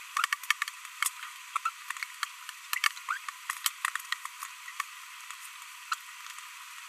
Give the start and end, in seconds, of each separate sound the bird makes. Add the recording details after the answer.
1.02-1.08, 1.65-1.69. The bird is a female. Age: 22 days. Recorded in a nest box in Venezuela. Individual 17B42B1